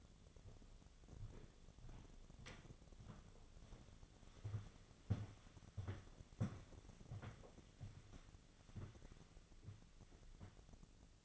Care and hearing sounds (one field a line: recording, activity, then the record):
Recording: daily activity, microphone in the room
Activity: walk to room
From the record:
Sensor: 4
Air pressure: 1000.8 hPa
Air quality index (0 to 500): 124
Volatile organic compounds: 1 ppm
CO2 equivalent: 934 ppm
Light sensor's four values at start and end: 50/125/52/58 and 48/118/49/55